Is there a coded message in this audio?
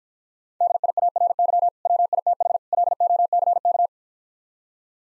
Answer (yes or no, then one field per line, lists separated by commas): yes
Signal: Morse code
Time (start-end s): 0.6-3.9 s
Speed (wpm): 49 wpm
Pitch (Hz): 700 Hz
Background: none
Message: DIARY WITH LOCK